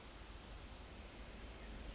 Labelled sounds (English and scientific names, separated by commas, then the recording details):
Pacific Wren (Troglodytes pacificus)
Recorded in Sonoma County, California